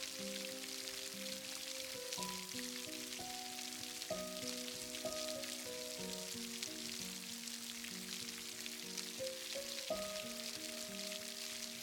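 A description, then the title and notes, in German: Soft, steady rain hisses throughout, a dense even patter of drops with a bright texture. Beneath it, gentle sustained melodic notes change every second or so, forming a calm, slow-moving tune that stays level from start to finish. Sanfte Melodien und das natürliche Geräusch des Regens. Dem Klang des REGENS und der Entspannenden MUSIK.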